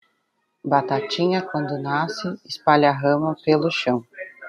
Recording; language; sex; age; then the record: short text; Brazilian Portuguese; female; 30 to 39 years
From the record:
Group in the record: control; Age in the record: 35 years